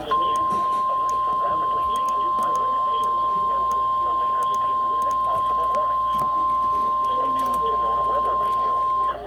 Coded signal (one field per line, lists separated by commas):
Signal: Emergency Alert System (SAME) tones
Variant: 1050 Hz attention tone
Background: speech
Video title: EAS/NWR Alert or message #325: 2nd Tornado Warning for Franklin and Pickaway, Ohio